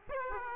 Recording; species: mosquito wingbeat signal from an infrared sensor; Aedes aegypti